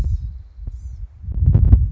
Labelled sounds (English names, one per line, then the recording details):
Blue-gray Gnatcatcher
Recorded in Sonoma County, California